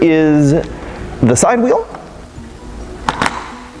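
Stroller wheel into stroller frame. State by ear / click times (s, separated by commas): seated / 3.1 s, 3.3 s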